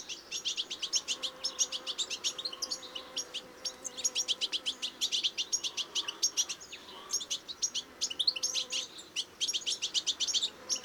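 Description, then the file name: European goldfinch chattering song, a continuous stream of quick bright chirps and tinkling notes, high-pitched and lively. "Carduelis carduelis"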